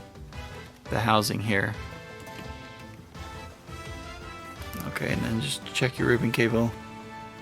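A flat ribbon cable on the laser assembly of a PS1 console is handled and checked during reassembly to fix a stuck laser, with the aim of locking it into its connector. Someone talks over background music, and a brief soft bump is heard near 0.3 s. Nothing has seated or clicked yet.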